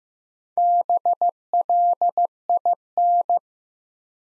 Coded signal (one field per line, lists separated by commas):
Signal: Morse code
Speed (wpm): 15 wpm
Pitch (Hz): 700 Hz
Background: none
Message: BLIN